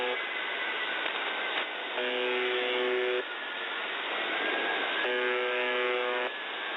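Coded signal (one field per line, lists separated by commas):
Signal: channel marker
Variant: UVB-76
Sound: two full low rasping buzzes about a second long, roughly every three seconds, in hiss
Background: radio static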